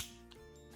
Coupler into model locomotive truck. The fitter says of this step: and press till you hear a click.